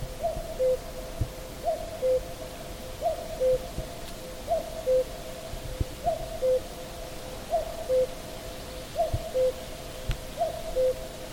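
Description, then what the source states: Common cuckoo giving a steady series of falling two-note cu-coo calls, eight pairs spaced roughly every one and a half seconds over a quiet background. Recorded 30 May 2023.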